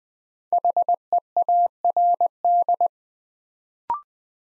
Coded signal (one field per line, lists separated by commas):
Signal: Morse code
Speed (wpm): 20 wpm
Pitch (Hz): 700 Hz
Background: none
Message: HEARD